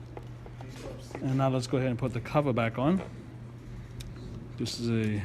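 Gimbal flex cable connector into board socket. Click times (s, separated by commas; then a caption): 0.2 s. A gimbal flex cable connector on a DJI Phantom 3 Standard is pressed back into its socket on the board during gimbal reassembly, and a small click at 0.2 s shows it seated. A few faint ticks follow, then someone talks over a steady low hum, with one more sharp tick near 4.0 s.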